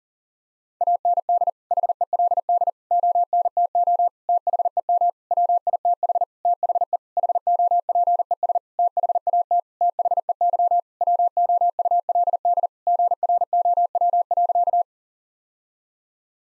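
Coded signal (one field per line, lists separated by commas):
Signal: Morse code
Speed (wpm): 40 wpm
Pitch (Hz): 700 Hz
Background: none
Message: AND HELD ONTO THEM WITH THE HOPES THAT THEY WOULD GROW.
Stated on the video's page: Morse practice at 40 wpm: sentences built from common nine-word phrases, each sent in Morse, spoken, then sent again.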